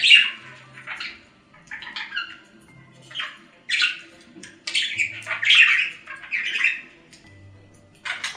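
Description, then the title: Budgerigar chatter of short squawks and buzzy chirps, in clusters roughly every second or two, busiest near the middle. "Budgie Sounds"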